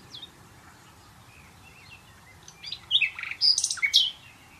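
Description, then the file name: Common nightingale song phrase: after faint scattered notes, a burst of varied high trills and whistled chirps during the last two seconds. "Luscinia megarhynchos"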